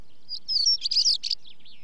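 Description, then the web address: Stonechat song, one short, dense, scratchy, squeaky warbled phrase of high notes, with quiet surroundings. "BBC Sound Effects Library. Stonechat"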